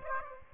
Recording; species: mosquito wingbeat signal from an infrared sensor; Aedes aegypti